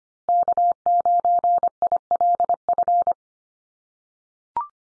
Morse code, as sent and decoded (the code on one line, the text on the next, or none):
-.- ----. .. .-.. ..-.
K9ILF